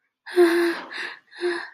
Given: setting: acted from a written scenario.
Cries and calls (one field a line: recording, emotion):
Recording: vocal sound without words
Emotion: fear